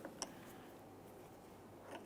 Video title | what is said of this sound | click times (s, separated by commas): How to Replace Washer Fluid Reservoir 2008-2017 Mitsubishi Lancer | Reconnect the washer pump. Audible click from that. A light tug. | 0.2 s